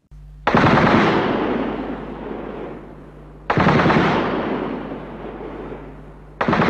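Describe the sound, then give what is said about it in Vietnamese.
Machine-gun fire rattles out in long sustained bursts, three in a row, each starting loud and harsh and trailing off over a few seconds before the next one begins. No voices. “Đạn nổ từng tràng dài, miệng bay chéo chéo.”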